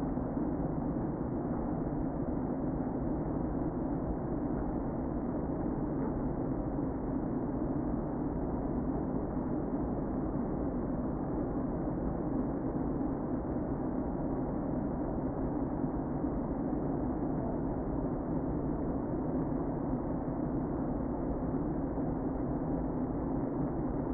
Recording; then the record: honeybee colony, microphone inside the hive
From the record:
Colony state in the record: queen present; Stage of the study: before two queens were removed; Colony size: about 60,000 bees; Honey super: yes